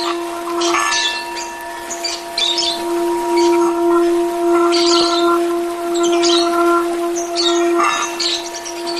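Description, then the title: Oriental magpie-robin song, a varied run of sweet whistles and scratchy chirps in high, uneven phrases over a steady hum. "Kicau Kacer"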